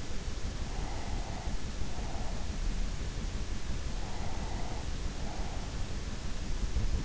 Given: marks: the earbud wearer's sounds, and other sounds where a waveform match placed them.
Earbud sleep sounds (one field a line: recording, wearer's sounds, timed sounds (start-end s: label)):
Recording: sounds in sleep by an in-ear microphone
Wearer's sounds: breath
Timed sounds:
0.43-2.78 s: breath
3.89-6.03 s: breath